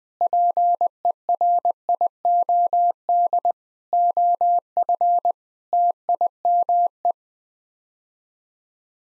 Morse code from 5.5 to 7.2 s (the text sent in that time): TIME